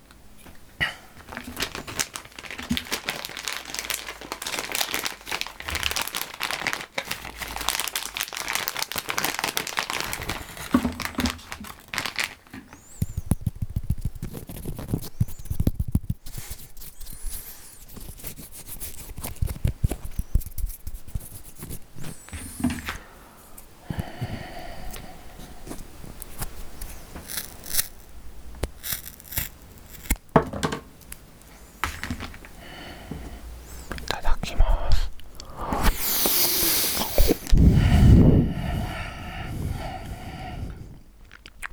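Someone eats food, with dense, bright crunching and crackling for the first ten seconds or so. After that the chewing comes in irregular bursts separated by short quiet gaps, with a loud rustling, crinkling flare near the 36-second mark.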